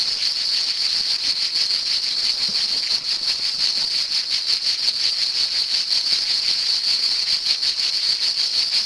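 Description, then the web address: Continuous cicada song, a sharp high buzz with quick pulsing and steady loudness throughout. "son cigales"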